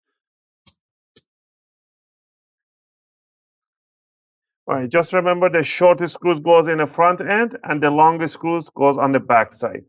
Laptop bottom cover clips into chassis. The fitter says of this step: You're going to hear these big, huge click sounds. That's what you want to hear.